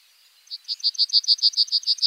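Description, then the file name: Bunting giving a quick series of evenly repeated high notes. "bruant"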